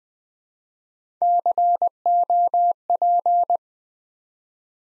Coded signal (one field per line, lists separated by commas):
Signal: Morse code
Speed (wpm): 20 wpm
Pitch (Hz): 700 Hz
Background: none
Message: COP